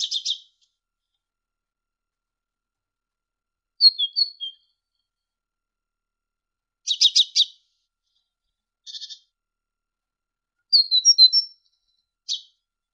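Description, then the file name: Great tit producing scattered bursts: harsh buzzy rattles alternating with short whistled note groups, separated by pauses. Masteran recording, used as training audio to teach songbirds. "suara masteran great tit"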